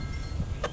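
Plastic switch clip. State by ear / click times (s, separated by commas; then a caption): seated / 0.6 s. On a P80 Volvo S70/V70, the fuel door and trunk release switch block is pushed into the plastic door panel. A low background rumble is heard, then a single sharp snap at 0.7 s as its two clips seat, leaving the switch block snapped in place in the door card.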